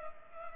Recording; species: mosquito wingbeat signal from an infrared sensor; Culex pipiens